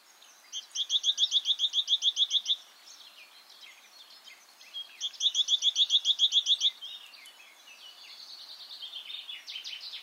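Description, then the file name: Great tit calls: two long, evenly paced trains of sharp chirping notes, followed by softer, scratchy twittering. "Parus major"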